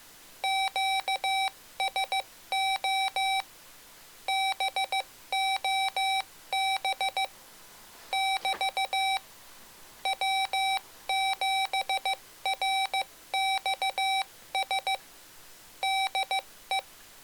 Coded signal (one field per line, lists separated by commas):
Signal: Morse code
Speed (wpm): 15 wpm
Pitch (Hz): 770 Hz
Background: none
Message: QSO BOB <BT> W7RXS DE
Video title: Mr. Rags Macro Keyer - Pt. 3 - Hard Macros & QSO Mode